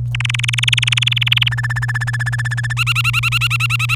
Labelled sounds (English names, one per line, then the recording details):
Domestic Canary song
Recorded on 27 April 2018 at 06:20
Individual llb3